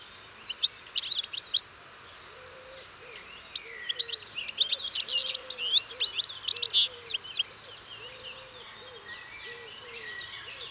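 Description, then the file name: European goldfinch twittering calls in two bursts of bright, tinkling notes, with a steady low cooing sound repeating underneath throughout. "Carduelis carduelis"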